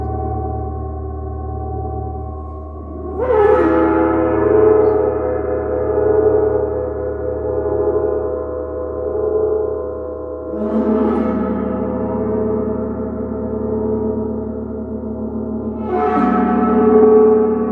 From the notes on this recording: the sounds of the Chiron Gong